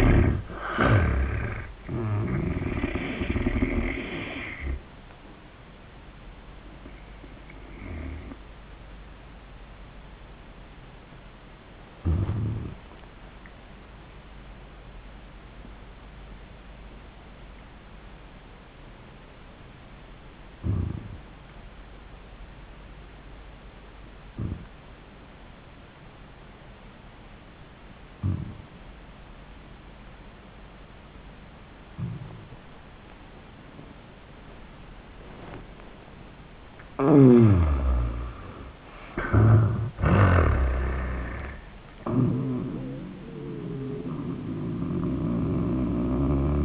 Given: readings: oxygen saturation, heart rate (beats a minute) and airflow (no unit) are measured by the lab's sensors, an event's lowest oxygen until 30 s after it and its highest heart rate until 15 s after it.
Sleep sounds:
breathing in sleep by a voice recorder at the bedside; 1
6.00-37.60 s: hypopnea (N1, oxygen 97% highest, then 76% lowest, heart rate 88 at the start, 94 highest)
16.00-46.65 s: new sleep stage, N2 (light sleep)
From the record:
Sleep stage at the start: N1 (lightest sleep); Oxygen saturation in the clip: 79 to 97%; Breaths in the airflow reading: 9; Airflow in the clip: -33.0 to 29.6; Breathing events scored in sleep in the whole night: 400 in 8.7 hours asleep

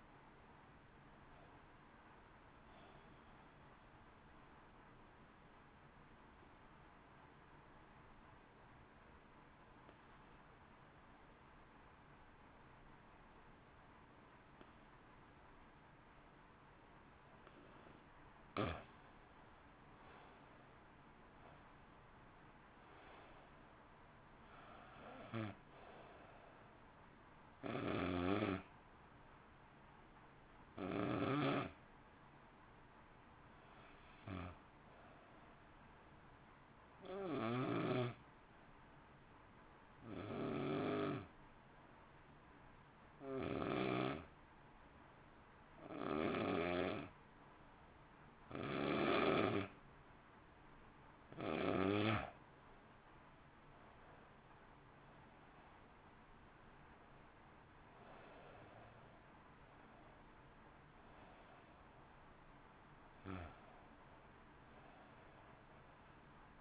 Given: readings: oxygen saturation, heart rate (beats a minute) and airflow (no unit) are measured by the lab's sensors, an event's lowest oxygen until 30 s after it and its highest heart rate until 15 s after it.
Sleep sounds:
breathing in sleep by a voice recorder at the bedside; 2
5.00-18.60 s: obstructive apnea (N1, oxygen 90% highest, then 87% lowest, heart rate 58 at the start, 61 highest)
22.00-66.61 s: new sleep stage, N2 (light sleep)
32.00-51.40 s: hypopnea (N2, oxygen 94% highest, then 87% lowest, heart rate 56 at the start, 61 highest)
From the record:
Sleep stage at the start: N1 (lightest sleep); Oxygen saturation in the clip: 87 to 95%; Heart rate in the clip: 50 to 69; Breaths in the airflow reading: 21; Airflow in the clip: -1.1 to 1.5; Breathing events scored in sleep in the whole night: 328 in 6.3 hours asleep

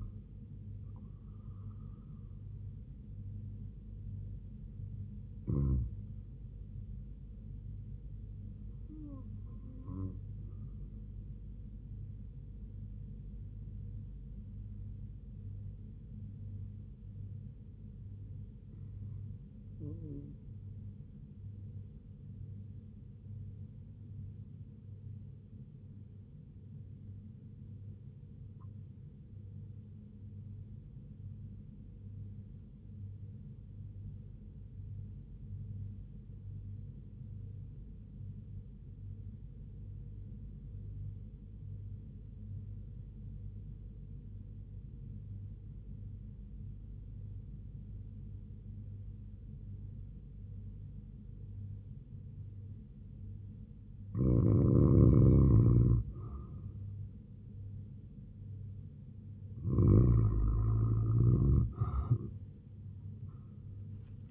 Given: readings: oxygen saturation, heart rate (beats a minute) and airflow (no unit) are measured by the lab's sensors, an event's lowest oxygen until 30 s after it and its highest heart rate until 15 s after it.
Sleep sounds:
breathing in sleep by a smartphone at the bedside; 1
9.00-57.10 s: hypopnea (REM, oxygen 99% highest, then 90% lowest, heart rate 72 at the start, 98 highest)
From the record:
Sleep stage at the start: REM sleep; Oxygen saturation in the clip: 91 to 99%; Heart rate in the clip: 64 to 83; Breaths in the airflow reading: 15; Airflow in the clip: -6.0 to 5.2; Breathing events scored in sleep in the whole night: 158 in 7.3 hours asleep

